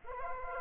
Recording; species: mosquito wingbeat signal from an infrared sensor; Anopheles arabiensis